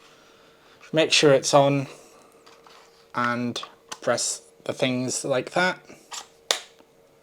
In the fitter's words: hear the click